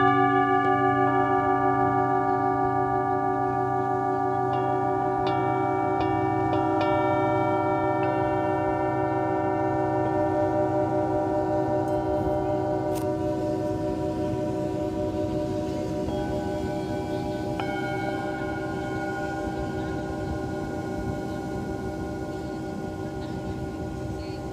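Live sound healing with singing bowls: several long ringing tones overlap and hum steadily throughout. Light taps and clicks appear in the first half, a new bowl tone enters around 17 seconds, and a constant low rushing sound runs underneath.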